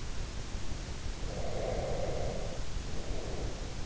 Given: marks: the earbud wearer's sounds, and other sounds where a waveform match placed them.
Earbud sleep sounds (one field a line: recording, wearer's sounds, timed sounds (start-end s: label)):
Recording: sounds in sleep by an in-ear microphone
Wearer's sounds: breath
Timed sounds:
1.16-3.80 s: breath